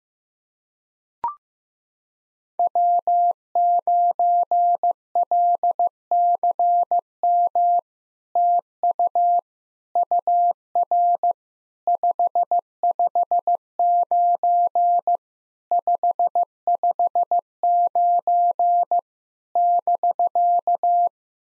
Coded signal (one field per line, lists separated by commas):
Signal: Morse code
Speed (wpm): 15 wpm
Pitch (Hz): 700 Hz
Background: none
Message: W9LCM TU UR 559 559 <BK>